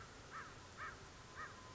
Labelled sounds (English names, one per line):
American Crow